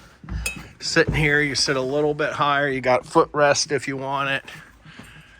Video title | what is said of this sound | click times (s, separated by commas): Key West 189FS Seat Project | Locks in place. | 0.3 s, 0.5 s